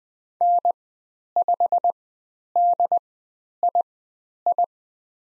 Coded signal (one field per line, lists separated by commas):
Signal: Morse code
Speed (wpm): 20 wpm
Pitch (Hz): 700 Hz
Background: none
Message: N5DII